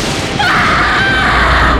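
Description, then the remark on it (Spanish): A loud thunder clap bursts in suddenly and rolls on as a dense, noisy rumble with a deep low end, filling the rest of the moment without fading. “La luz de aquel trueno dejó ver la silueta de alguien o de algo que se encontraba metido en su cama.”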